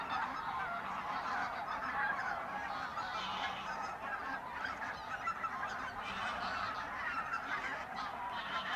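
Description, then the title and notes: A goose flock keeps up a constant babble of nasal honks and yelps, layered and unbroken for the whole stretch. Binaural recording in a re-naturalised polder area at Sellstedt, Germany, 9 November 2020; ORTF pair of SC 140 microphones with windjammer, TASCAM DR100 MK3 recorder. "Binaural recording of birds at Polder Glies, Sellstedt, Germany"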